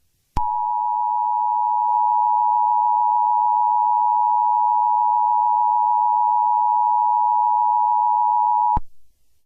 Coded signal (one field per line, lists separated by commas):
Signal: Emergency Alert System (SAME) tones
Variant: 853 and 960 Hz attention tone